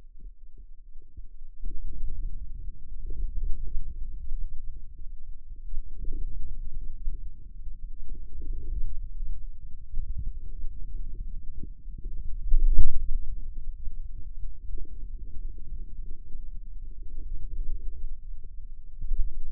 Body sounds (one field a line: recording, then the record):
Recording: forearm muscle sounds (acoustic myography)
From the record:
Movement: wrist extension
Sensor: system 2, bracelet of six BSWA MPA416 microphones around the upper forearm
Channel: 5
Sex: male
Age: 22 years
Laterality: right